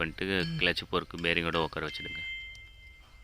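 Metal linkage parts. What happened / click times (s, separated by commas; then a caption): Handled, not yet home: the fork has not yet clicked onto the bearing / none. Someone talks while handling a clutch release fork against its release bearing during a clutch replacement on a Hyundai Creta, Verna or i20. After the talking stops at about 1.9 s, only a faint steady high tone and low background noise remain as the sound fades. Nothing has seated or clicked yet; the fork is not yet home on the bearing.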